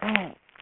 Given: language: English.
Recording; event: throat vibration sensor signal played as sound; throat clearing